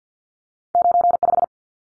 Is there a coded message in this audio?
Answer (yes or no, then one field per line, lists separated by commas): yes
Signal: Morse code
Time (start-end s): 0.8-1.4 s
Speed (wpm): 50 wpm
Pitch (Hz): 700 Hz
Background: none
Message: 95